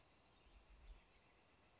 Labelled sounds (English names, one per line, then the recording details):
Northern Flicker
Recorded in Sonoma County, California